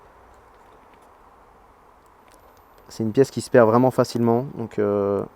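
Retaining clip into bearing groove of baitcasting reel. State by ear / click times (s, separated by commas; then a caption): not seated / none. A small bearing retaining clip is handled and lined up inside a baitcasting reel before being pushed home into the bearing groove, with care taken not to make it jump out because it is easily lost. About three seconds of faint low hiss are followed by someone talking until the end. Nothing has seated or clicked yet.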